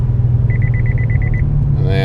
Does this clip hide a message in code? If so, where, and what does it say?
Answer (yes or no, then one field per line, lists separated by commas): no